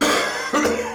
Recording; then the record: coughing mixed with background sound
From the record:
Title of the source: Wet Throat Infection Cough